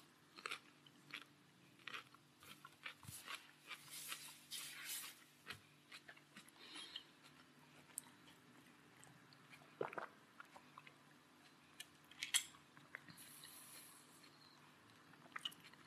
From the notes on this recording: A PERSON EATING